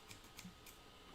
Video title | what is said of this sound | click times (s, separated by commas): Additive Fabrication - Joining Prints - Post Work | it does snap | 0.1 s, 0.4 s